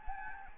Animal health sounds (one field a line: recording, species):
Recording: mosquito wingbeat signal from an infrared sensor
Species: Anopheles gambiae